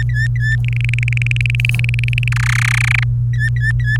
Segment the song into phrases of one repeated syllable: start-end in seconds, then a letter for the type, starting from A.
0.00-0.56 A, 0.65-2.28 B, 2.31-3.04 C, 3.33-3.98 A